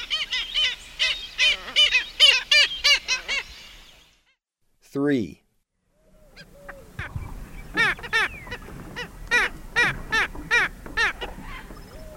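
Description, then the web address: Black skimmers calling in a busy chorus of nasal barking yaps, a brief pause with one lower drawn-out call, then the yapping resumes. Eastern lowlands of South America. "Natures Songs S America Eastern Lowlands. Black Skimmer"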